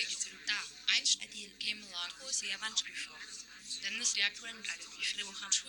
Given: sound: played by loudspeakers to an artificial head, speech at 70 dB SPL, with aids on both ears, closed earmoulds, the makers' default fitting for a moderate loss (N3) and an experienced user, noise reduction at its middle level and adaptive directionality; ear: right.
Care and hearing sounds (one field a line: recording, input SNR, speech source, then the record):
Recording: speech test signal (ISTS) in cocktail-party noise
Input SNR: 0 dB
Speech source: on the right (90 degrees)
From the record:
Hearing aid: class 1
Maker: J